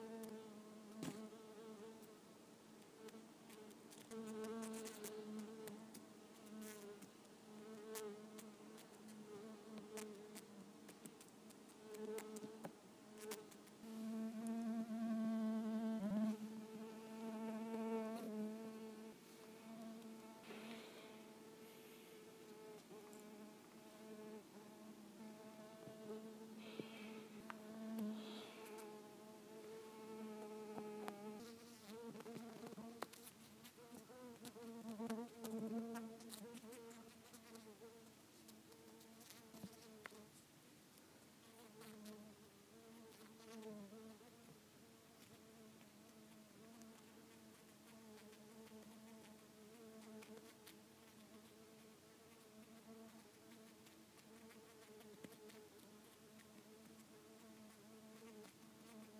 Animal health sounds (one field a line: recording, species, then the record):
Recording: mosquito flight sound by mobile phone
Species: Culiseta incidens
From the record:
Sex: female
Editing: snipped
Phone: iPhone 4S